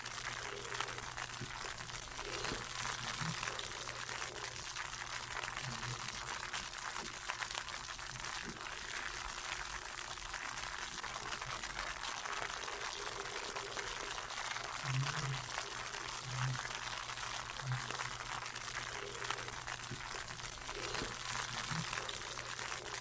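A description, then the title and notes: Bubbles fizz in a steady, dense hiss that stays bright and even for the whole stretch. Soft low plops and gurgles rise through it at irregular moments, clustering around the middle and later parts, over a faint constant low hum. Bubbles.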